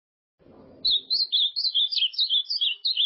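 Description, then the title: Ultramarine grosbeak song follows a short low rustle: a lively series of whistled, looping notes delivered quickly and unevenly for over two seconds. "Azulao"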